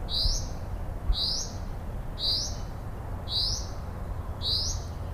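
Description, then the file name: Common Chaffinch repeating a short rising whistled note about once a second over a louder low rumble and one brief knock. "Fringilla coelebs"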